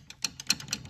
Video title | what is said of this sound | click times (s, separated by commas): How to Replace/Rotate Planer Blades - Dewalt DW734 | locks it like that and then you do the same exact thing on the next one | 0.5 s